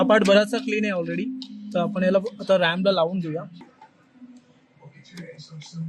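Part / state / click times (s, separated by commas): RAM module into motherboard memory slot / seated / 5.6 s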